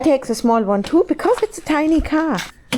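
Someone talks during a rear brake job on a tiny Mercedes, where a small channel-lock plier is used on the rear brake caliper assembly to press an unnamed brake part into place. A brief sharp sound comes at 2.7 s as the clip ends, but nothing has seated or clicked yet.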